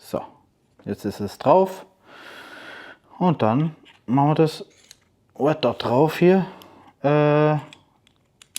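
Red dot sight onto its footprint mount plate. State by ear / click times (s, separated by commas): seated / 8.6 s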